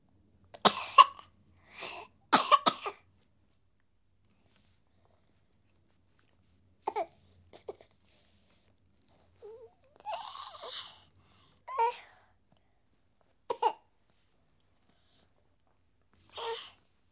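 Short, irregular coughs from a 7-month-old girl who is sick, about ten bursts in seventeen seconds, some in quick pairs, with a brief whimpering cry in the middle, in a quiet room.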